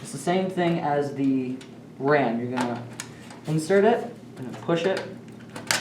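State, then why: Seated. A graphics card is inserted into a motherboard's PCIe slot and pushed until the slot latch clicks, seating the card. Someone talks throughout, with a couple of faint knocks near the end before a sharp click at 5.7 s.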